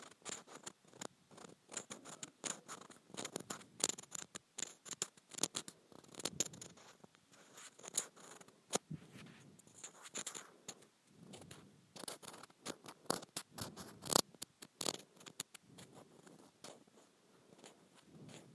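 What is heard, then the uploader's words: Rippled plastic is scratched in quick, irregular strokes, crisp, producing dense rasping bursts with brief pauses throughout. Scratching Rippled Plastic.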